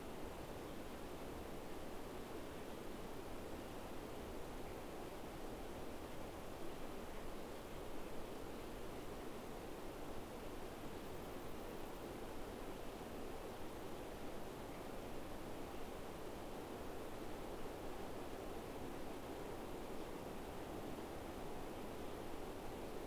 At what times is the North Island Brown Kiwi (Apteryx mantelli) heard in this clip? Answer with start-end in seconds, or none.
none